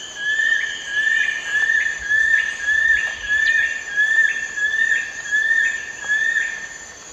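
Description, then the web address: Long-billed woodcreeper song, a steady series of clear whistled notes, over a constant high drone. Eastern lowlands of South America. "Natures Songs S America Eastern Lowlands. Nasica longirostris, song"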